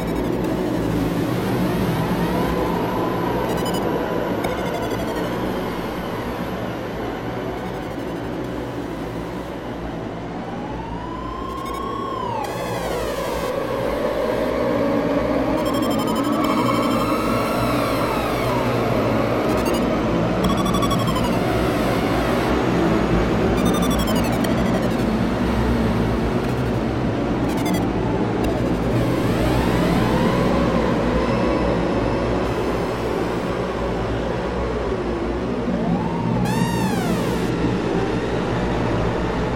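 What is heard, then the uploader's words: Ambient drone music with a steady bassy tone underneath, while gliding, weaving tones rise and fall throughout, brightening around the middle. Long-form ambient dronemusic soundscape with binaural beats and tones weaving with underlying bassy tone.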